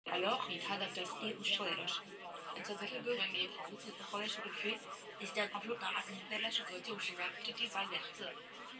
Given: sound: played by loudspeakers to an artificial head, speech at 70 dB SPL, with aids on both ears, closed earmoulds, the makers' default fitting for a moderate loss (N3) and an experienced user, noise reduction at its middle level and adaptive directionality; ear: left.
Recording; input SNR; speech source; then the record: speech test signal (ISTS) in cocktail-party noise; +3 dB; on the right (90 degrees)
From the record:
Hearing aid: class 1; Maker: I